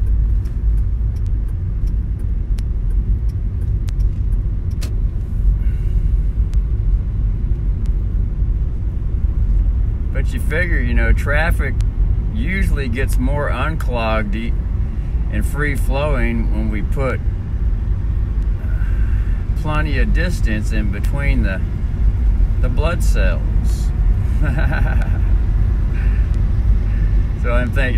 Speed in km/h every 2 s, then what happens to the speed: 16, 16, 17, 18, 20, 20, 20, 20, 21, 21, 22, 21, 22, 25.
0-28 speeds up to 25.